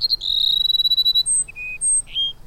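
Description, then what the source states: Botteri's Sparrow singing: a thin high whistle, a rapid pulsed trill, then several separate pure whistled notes at shifting pitches, over a quiet background. Distinctive sputters and trills; summer monsoon in the Sonoran Desert of southeast Arizona.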